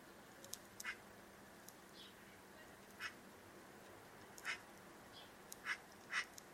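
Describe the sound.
Bird calls: short, sharp notes given singly at uneven gaps, about five across the stretch, over a steady faint hum.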